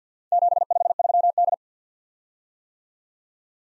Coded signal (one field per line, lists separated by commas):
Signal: Morse code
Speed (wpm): 55 wpm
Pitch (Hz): 700 Hz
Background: none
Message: 753D